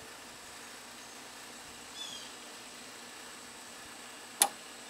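A click-type torque wrench tightens the front axle nut on the front wheel of a 2005 Yamaha Majesty YP400T scooter until it breaks over at its set torque. Over a steady hiss, a faint brief high-pitched sound comes near 2.0 s, then a single sharp click at 4.4 s. The wrench has reached its setting, and the nut is not tightened any further.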